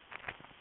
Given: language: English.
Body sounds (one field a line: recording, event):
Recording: throat vibration sensor signal played as sound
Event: swallow